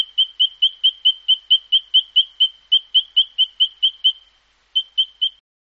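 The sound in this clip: Spinebill giving a fast series of high, clipped piping notes at an even pace, pausing briefly near the end before three more notes.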